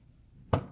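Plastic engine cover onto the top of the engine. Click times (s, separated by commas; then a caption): 0.5 s. On a 2015 Dodge Journey 2.4L, after the coil boot bolts are reinstalled during a spark plug job, the plastic engine top cover is pressed back onto the top of the engine. A single sharp snap at 0.5 s shows it seating into place over a quiet background.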